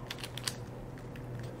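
A metal cable end is handled at the body of a resettable combination cable lock, producing a quick run of light, sharp clicks and taps between about 0.1 and 0.5 s and a faint tick near 1.4 s over a steady low hum. The cable end has not gone home in the lock body; nothing has seated or clicked into place yet.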